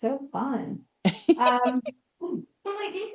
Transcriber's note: laughs